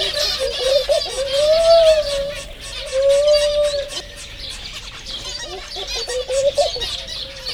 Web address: allathangok jaszberenyizoo 2016 tobbfelemadar feherkezugibbonis 04 30